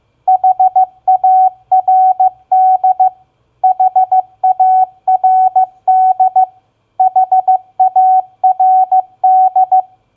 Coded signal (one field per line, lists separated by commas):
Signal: Morse code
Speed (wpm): 15 wpm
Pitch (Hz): 750 Hz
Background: none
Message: HARD HARD HARD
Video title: Morse Code Practice Word Recognition SOFT-FIRM-HARD 15wpm